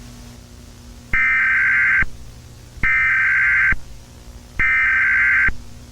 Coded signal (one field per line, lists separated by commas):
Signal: Emergency Alert System (SAME) tones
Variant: header bursts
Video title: EAS scenario - The Empire